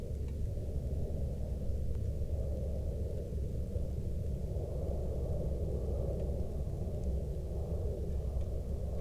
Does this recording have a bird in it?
no